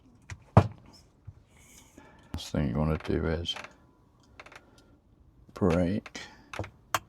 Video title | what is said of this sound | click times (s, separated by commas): Building the ClockworkPi uConsole - Is This the Perfect Hacker Gadget? | Nice little click there. | 6.9 s